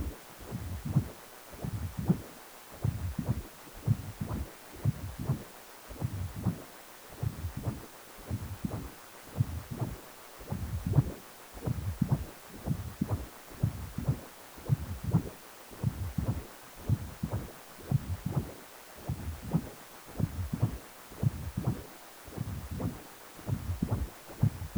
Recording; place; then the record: Doppler ultrasound of blood flow; precordium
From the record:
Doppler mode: continuous wave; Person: healthy adult, 18 to 50 years, no heart murmur, not diving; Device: 2.5 MHz transducer